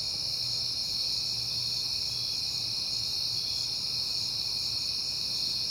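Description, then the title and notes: Many crickets trilling together in a constant, high, ringing drone, with a faint low hum pulsing underneath. Crickets heard often in September, recorded at night on a peaceful night. "Night Time: Crickets and Passing Cars. It is September and I have been hearing the crickets a lot, but finally had a peaceful night to make the recording"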